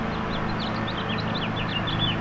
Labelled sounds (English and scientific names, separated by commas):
House Finch (Haemorhous mexicanus) song